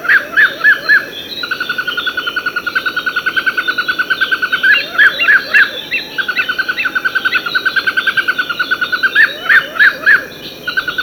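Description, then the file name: Fire-footed rope squirrel with clusters of loud arched chirps alternating with quick trains of softer chips; insects drone steadily in the background. Abidjan, Côte d'Ivoire. "Funisciurus pyrropus Dolly Minis Abidjan Macaulay Cornell"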